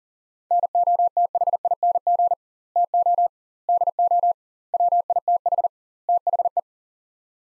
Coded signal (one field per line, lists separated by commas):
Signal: Morse code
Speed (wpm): 40 wpm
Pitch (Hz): 700 Hz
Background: none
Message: NOTHING TO DO WITH THE